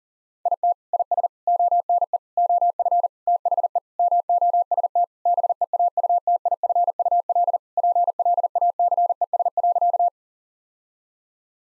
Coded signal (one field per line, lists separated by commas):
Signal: Morse code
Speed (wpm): 40 wpm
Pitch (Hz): 700 Hz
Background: none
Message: IT IS ONE OF THE MOST BEAUTIFUL PLACES.